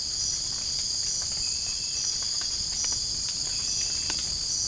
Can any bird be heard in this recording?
no